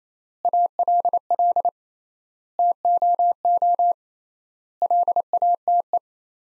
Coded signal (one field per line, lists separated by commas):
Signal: Morse code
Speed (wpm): 28 wpm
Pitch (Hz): 700 Hz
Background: none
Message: ALL TOO LATE